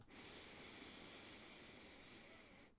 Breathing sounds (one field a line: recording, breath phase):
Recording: one breath near a microphone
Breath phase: inhalation